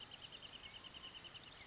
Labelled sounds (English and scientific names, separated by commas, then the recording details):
Wrentit (Chamaea fasciata)
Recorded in Sonoma County, California